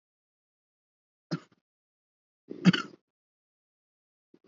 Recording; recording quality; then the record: heavy voluntary cough; poor, much background noise or distortion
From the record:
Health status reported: COVID-19 positive, mild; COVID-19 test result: positive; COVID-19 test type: RT-PCR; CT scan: not taken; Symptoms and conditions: cough, sore throat, fever, fatigue, muscle pain, loss of smell and taste, asthma, hypertension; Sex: male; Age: 30 years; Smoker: yes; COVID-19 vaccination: both doses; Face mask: worn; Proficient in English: yes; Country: India